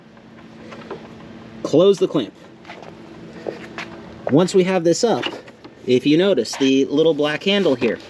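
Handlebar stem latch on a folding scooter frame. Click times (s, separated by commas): 0.9 s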